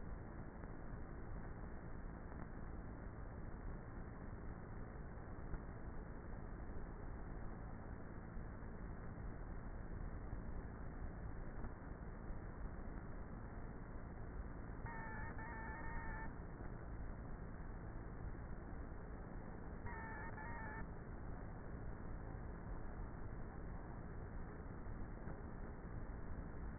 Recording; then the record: honeybee colony, microphone inside the hive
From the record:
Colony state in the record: queenless with a low population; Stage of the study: before two queens were removed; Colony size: about 30,000 bees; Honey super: no